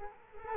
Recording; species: mosquito wingbeat signal from an infrared sensor; Culex quinquefasciatus